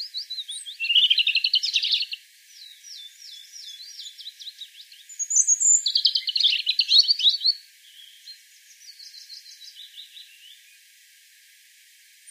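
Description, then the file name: European robin giving high warbling song phrases of rapid trills and thin notes, two louder bursts separated by quieter twittering passages. "Erithacus rubecula"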